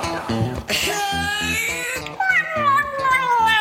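Two drawn-out, high cat meows that slide downward in pitch, set over a steady, rhythmic musical backing that plays loudly throughout.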